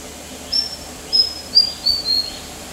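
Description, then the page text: White-throated fantail: five very thin, pure whistled notes, gently descending in pitch, over a soft hiss. Recorded at the headquarters of Kinabalu Park, Borneo, on 14 August 2009. "Sound of White-throated Fantail at HQ, Kinabalu Park by NELSON, Mike"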